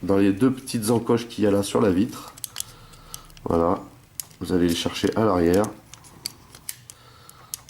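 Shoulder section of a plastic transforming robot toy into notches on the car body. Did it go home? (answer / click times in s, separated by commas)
no / none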